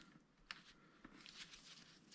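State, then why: Seated. An inner wheel bearing is pushed by hand as far as it will go into the plastic hub carrier of a Traxxas X-MAXX 8S RC truck. A sharp, bright click sounds at 0.5 s, followed by fainter ticks and handling noise around 1.1 and 1.3 s. The bearing clicks and seats in the carrier.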